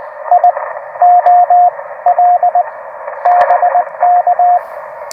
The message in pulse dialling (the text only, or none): none